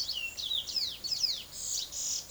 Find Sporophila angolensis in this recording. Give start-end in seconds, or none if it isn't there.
0.00-2.30